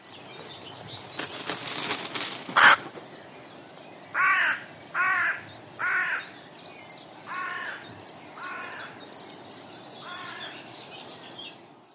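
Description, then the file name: Carrion crow cawing, harsh hoarse caws in an irregular series, with rapid high chirping throughout and a burst of noise early on. "Corvus corone"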